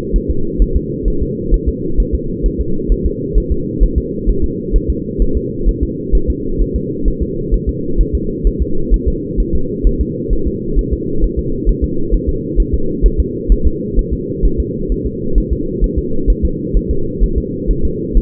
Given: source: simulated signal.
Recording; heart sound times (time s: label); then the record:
fetal heart sounds
0.16 s: S1
0.30 s: S2
0.62 s: S1
0.76 s: S2
1.08 s: S1
1.22 s: S2
1.54 s: S1
1.69 s: S2
2.00 s: S1
2.15 s: S2
2.46 s: S1
2.60 s: S2
2.92 s: S1
3.06 s: S2
3.38 s: S1
3.52 s: S2
3.84 s: S1
3.98 s: S2
4.29 s: S1
4.44 s: S2
4.76 s: S1
4.90 s: S2
5.22 s: S1
5.37 s: S2
5.69 s: S1
5.83 s: S2
6.15 s: S1
6.30 s: S2
6.62 s: S1
6.76 s: S2
7.08 s: S1
7.22 s: S2
7.54 s: S1
7.69 s: S2
8.01 s: S1
8.15 s: S2
8.47 s: S1
8.62 s: S2
8.94 s: S1
9.08 s: S2
9.40 s: S1
9.55 s: S2
9.87 s: S1
10.01 s: S2
10.33 s: S1
10.47 s: S2
10.79 s: S1
10.93 s: S2
11.24 s: S1
11.39 s: S2
11.69 s: S1
11.84 s: S2
12.15 s: S1
12.29 s: S2
12.60 s: S1
12.74 s: S2
13.06 s: S1
13.20 s: S2
13.52 s: S1
13.67 s: S2
13.99 s: S1
14.13 s: S2
14.45 s: S1
14.60 s: S2
14.92 s: S1
15.06 s: S2
15.38 s: S1
15.53 s: S2
15.84 s: S1
15.98 s: S2
16.30 s: S1
16.45 s: S2
16.77 s: S1
16.91 s: S2
17.24 s: S1
17.38 s: S2
17.71 s: S1
17.85 s: S2
18.18 s: S1
From the record:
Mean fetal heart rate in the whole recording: 130 bpm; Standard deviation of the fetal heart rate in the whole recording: 2 bpm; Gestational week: 36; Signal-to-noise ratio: -8.1 dB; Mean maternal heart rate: 72 bpm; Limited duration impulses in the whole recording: absent